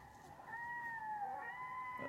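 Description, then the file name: Red-throated diver giving a long, drawn-out mournful wail that holds a steady mid pitch with a gentle bend near the end, over a faint background hiss. "red-throated-divers"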